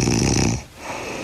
She's a huge snorer. That is a pretty deep sort of snore. It's every night.